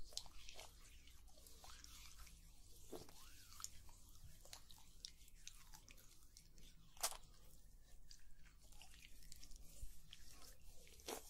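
Oil massage sounds: soft wet squishes and slick rubbing, with small drip-like clicks scattered through. Brighter strokes stand out near 3, 7 and 11 seconds over a low, steady hum that runs underneath the whole time.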